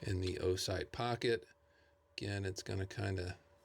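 A mini red-dot optic is being pressed by hand, without screws, into its milled optic pocket on a pistol slide while someone talks. Only speech is heard, with a quiet pause in the middle. Nothing has seated or snapped into place yet.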